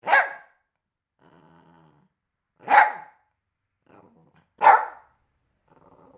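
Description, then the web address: Dog barking, three loud single barks spaced two to three seconds apart, with faint low growling between them. "Tom Hutchings Dog Barking"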